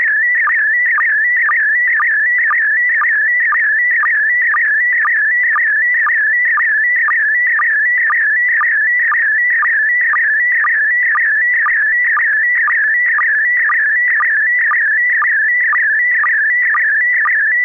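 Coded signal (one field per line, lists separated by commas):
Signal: SSTV (slow-scan television)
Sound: warbling tone sweeping up and down, with a short low blip twice a second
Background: faint FM radio hiss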